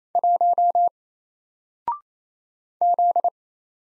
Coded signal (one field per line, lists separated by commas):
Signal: Morse code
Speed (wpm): 28 wpm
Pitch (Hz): 700 Hz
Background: none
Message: 1 Z